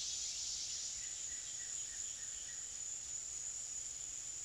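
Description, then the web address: Cicadas in an unbroken high-pitched buzzing drone. A few soft, short chirps in a lower voice repeat during the middle. Forest background ambience of cicadas. "Sony Creative Software Sony Pictures Sound Effects Series Volumes 1-10 Volume 8 Backgrounds Forest Cicadas"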